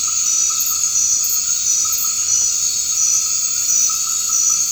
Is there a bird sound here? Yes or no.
no